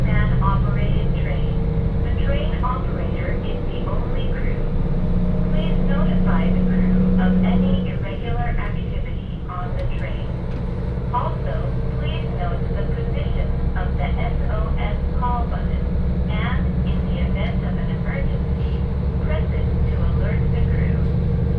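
Aboard a train on the Hakodate Main Line, a steady low rumble and hum of the carriage runs throughout, with a constant tone near the top of the drone. Passengers' voices murmur over it, and the level dips briefly around eight seconds.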